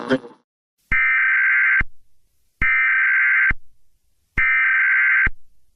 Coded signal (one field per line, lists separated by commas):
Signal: Emergency Alert System (SAME) tones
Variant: header bursts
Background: speech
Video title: 2/18/2025 - 2/20/2025 EMERGENCY ALERT SYSTEM extreme cold watch